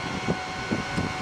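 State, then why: Not seated. A component, likely a memory riser or module, is pushed down into a Dell PowerEdge R910 rack server chassis during reassembly. Steady broadband noise runs throughout, with three soft low thumps of handling near 0.3, 0.7 and 1.0 s. Nothing has seated or snapped into place yet.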